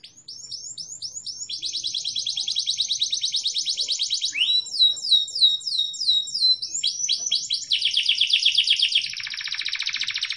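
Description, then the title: Atlantic canary song, a long unbroken run of fast trills, each section a different rattling or sweeping phrase, shifting abruptly between buzzy tours and clear rolling notes. Domestic canary of the F2 line, song with cengkok (ornamented song phrasing), loud singing. "Cengkok Kenari. Kenari f2ys Cengkok,durasi & Volume++"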